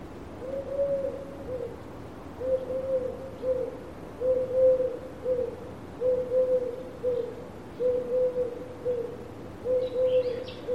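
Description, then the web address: Eurasian collared dove cooing: a low, soft phrase of a long hollow note and a shorter note, repeated steadily about every two seconds, with a faint higher sound near the end. "Deverinetal 2025. Bird Only"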